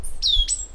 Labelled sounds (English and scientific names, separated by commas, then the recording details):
Stitchbird (Notiomystis cincta) song
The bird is a male
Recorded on Tiritiri Matangi Island, New Zealand, in 2005
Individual 10, of nest box 12